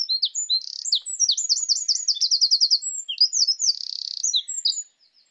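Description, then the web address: Eurasian wren song: loud high warbling with a rapid trill of repeated notes, a buzzy rattle, and a brief flourish before stopping. "SETE Troglodytes troglodytes"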